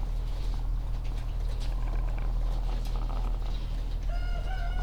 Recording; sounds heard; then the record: poultry house recording; sick chickens (respiratory disease)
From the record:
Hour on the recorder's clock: 17